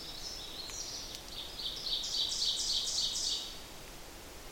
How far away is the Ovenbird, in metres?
about 25 m